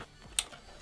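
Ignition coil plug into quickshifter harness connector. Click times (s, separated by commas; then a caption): 0.4 s. An unplugged ignition coil plug is pushed back into the plastic connector of a Healtech iQSE quickshifter harness on a Yamaha MT-07. A single sharp click sounds at 0.4 s, and the connector is seated.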